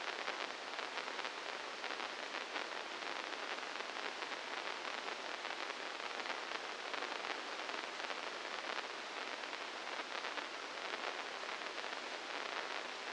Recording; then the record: brain microelectrode recording played as sound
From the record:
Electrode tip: inside the subthalamic nucleus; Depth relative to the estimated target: -1 mm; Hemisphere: left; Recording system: NeuroSet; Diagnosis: Parkinson's disease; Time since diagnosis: 15 years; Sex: female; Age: 59 years